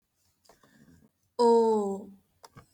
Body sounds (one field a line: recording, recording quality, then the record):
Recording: sustained vowel as in boot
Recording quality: excellent, no background noise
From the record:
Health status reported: healthy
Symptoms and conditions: none ticked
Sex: female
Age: 20 years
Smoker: not ticked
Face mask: not worn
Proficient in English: yes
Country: India